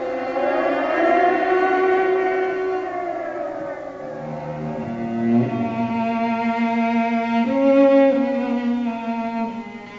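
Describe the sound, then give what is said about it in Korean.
An air raid siren in a wartime scene wails continuously, its tone sliding and wavering with layered harmonics, loud and steady for the whole stretch with a slight swell near the end. No one speaks. “그리고 공습경보, 불타는 건물, 이런 전쟁 때의 모습들이 빠르게 지나갑니다.”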